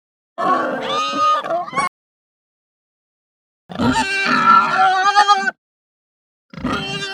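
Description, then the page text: Pig making loud, high, rasping grunts and squeals in three bursts of roughly one to two seconds, the last cut short at the end, with quiet gaps between them. Hampshire breed pig; grunts described as high and distressed. "Hampshire Pig Grunt High Distressed. Quick Sounds"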